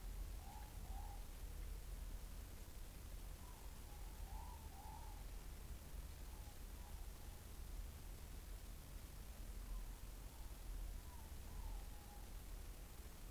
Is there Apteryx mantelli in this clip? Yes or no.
no